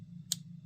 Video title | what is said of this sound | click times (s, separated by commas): Vosteed RSKAOS Folding Knife - Overview and Review | very very smooth and consistent in here and a nice click into the Clos position with perfect centering and no detent lash | 0.3 s